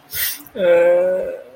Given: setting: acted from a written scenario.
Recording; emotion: vocal sound without words; sadness